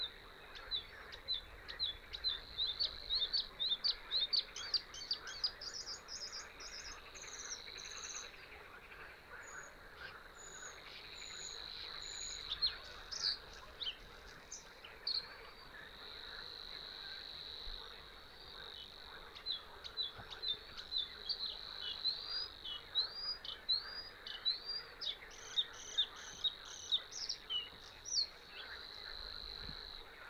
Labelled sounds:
Bluethroat song

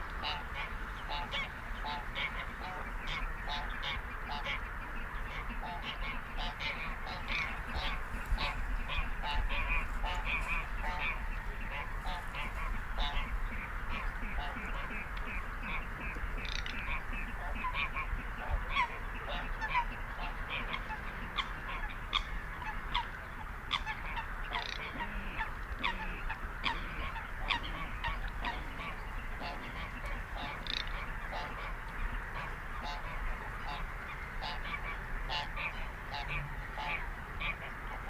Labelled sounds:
Garganey call

